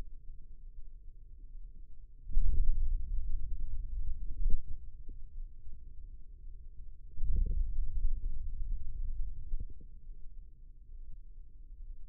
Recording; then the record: forearm muscle sounds (acoustic myography)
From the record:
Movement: hand opening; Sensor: system 2, bracelet of six BSWA MPA416 microphones around the upper forearm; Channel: 4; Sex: male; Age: 22 years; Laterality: right